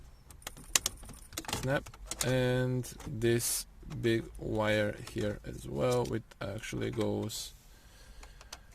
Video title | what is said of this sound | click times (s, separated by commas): How to Retrofit Upgraded Facelift Interior in Pre-Facelift Mercedes CLK W209 / C209 / W203 (Part 4) | again this guy snap | 0.8 s